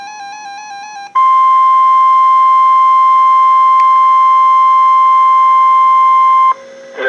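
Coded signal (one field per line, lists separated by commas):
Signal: Emergency Alert System (SAME) tones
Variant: 1050 Hz attention tone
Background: music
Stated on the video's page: NOAA Weather Radio flash flood warning interrupted by a tornado warning, received from two weather radio transmitters.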